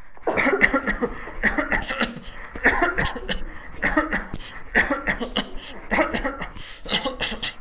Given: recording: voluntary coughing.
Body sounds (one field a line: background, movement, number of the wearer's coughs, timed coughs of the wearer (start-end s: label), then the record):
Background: a bystander coughing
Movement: walking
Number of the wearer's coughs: 20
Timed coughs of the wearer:
0.25-0.58 s: cough
0.58-0.85 s: cough
0.85-1.10 s: cough
1.41-1.68 s: cough
1.69-1.98 s: cough
1.98-2.24 s: cough
2.62-2.95 s: cough
2.95-3.24 s: cough
3.24-3.41 s: cough
3.81-4.10 s: cough
4.10-4.38 s: cough
4.73-5.04 s: cough
5.04-5.34 s: cough
5.34-5.60 s: cough
5.90-6.11 s: cough
6.11-6.36 s: cough
6.36-6.59 s: cough
6.89-7.20 s: cough
7.20-7.42 s: cough
7.42-7.56 s: cough
From the record:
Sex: male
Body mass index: 22.0 kg/m2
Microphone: on the chest, facing the body